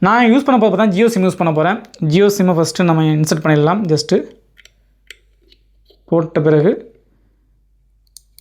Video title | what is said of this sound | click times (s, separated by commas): SECUREMAX 4G LINKAGE PT WITH TRIPLE LENS CAMERA - CONFIGURATION - FULL DETAILS | டிக்ன சத்தம் வரும் lock ஆயிடும் lock ஆன பிறகு நம்ம இந்த ரப்பர் புஷ க்ளோஸ் பண்ணிடலாம். | 8.2 s